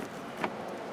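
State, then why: Not seated. A plastic interior trim piece near the rear seat of a Hyundai Accent is being handled and slid back under its edge so its little tabs can snap in. A steady background hum is heard with one brief, soft rustle near 0.4 seconds. Nothing has seated or clicked yet.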